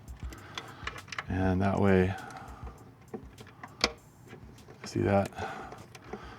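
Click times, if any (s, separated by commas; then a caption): 3.8 s. A throttle body mounting bolt on a Jeep JK, being installed during a P0121 fix, is turned counter-clockwise by hand into the aluminum intake manifold so its threads line up and it threads correctly. Someone talks while faint ticks and clicks are heard. At 3.8 s a sharp small snap marks the thread start dropping into alignment, and the bolt is seated.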